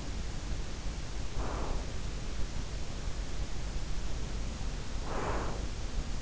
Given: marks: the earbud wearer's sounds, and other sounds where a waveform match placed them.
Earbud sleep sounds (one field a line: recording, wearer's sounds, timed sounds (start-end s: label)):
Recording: sounds in sleep by an in-ear microphone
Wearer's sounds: breath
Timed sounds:
1.24-2.15 s: breath
4.03-5.89 s: breath